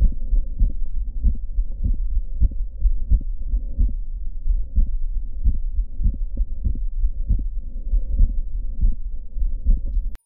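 Regular low heart sounds heard over the pulmonic area in a middle-aged man with mitral valve prolapse and severe mitral regurgitation, possibly from ruptured chordae tendineae. The murmur is barely heard. In place of the second sound, three, sometimes four, closely spaced sounds are heard: a multicomponent second sound of mitral valve prolapse.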